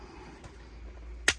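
A plastic mounting bracket, moved over from the old display, has its side hooks pressed over the housing of a Hansshow H6 instrument cluster mini display screen after two clips have already snapped in. Low background noise is broken by one sharp, short snap at 1.3 s. The bracket hooks clip on and the bracket is seated.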